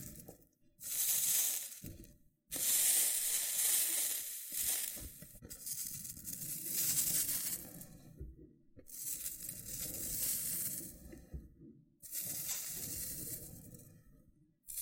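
Loofah being rubbed and scratched in repeated bursts of bright, hissing scraping, each lasting one to three seconds with brief silent gaps between. A low rumbling texture runs under the strokes, and small crisp pops and crackles appear within them.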